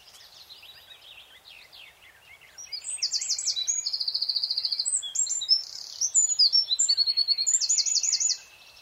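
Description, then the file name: Eurasian wren bursts into a long, piercing song of fast trills and twittering notes after a few seconds of softer scratchy chatter, then stops abruptly. "Troglodytes troglodytes"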